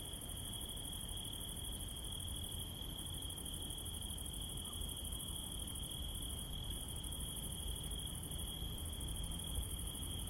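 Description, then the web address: Cricket chirring without pause, a steady high tone and rapid pulsed shimmer running throughout, low background rumble beneath. "sons grillon"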